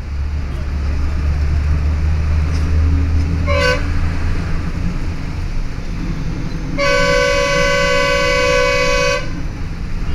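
A bus departs, its deep engine rumble heavy in the first six seconds before easing into a steady drone. A brief bright tone sounds near four seconds, then a loud, sustained horn-like tone holds from about seven to nine seconds over the running engine.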